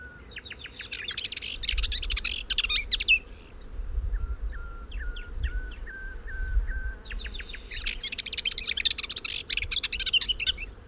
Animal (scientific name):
Sylvia cantillans